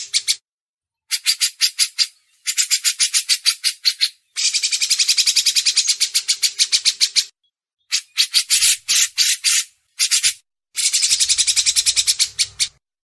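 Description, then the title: Grey-cheeked bulbul with harsh rattling chatter, rapid pulses in stop-start runs alternating with denser hissy stretches. Masteran tutor used as training audio. "MASTERAN CUCAK JENGGOT"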